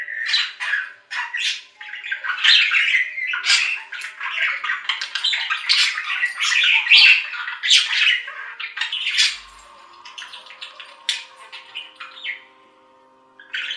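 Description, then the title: Budgerigar warbling chatter, rapid scratchy chirps and clicks strung together, thinning out into a few scattered squeaks near the end. "Budgie Sounds"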